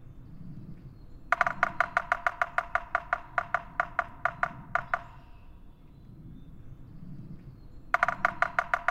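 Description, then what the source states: Yellow-bellied Sapsucker drumming: a long burst of rapid knocks, a pause of a few seconds, then another burst. Territorial drumming, classic woodpecker drumming; a common cottage bird.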